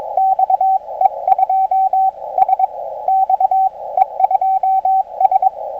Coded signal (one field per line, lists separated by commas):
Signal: Morse code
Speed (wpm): 23 wpm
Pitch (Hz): 750 Hz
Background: radio noise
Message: XE2S XE2S